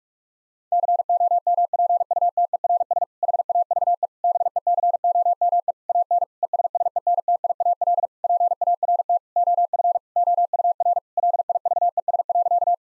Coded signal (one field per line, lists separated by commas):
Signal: Morse code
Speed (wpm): 46 wpm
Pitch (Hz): 700 Hz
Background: none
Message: COMPUTERS HAVE BECOME AN ESSENTIAL PART OF OUR LIVES.